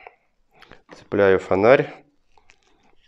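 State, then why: Not seated. A Rockbros V9M 1000 bicycle headlight is handled at its plastic quick-release handlebar bracket while someone talks briefly in the middle. Faint ticks and taps sound before and after the speech. Nothing has seated or clicked yet.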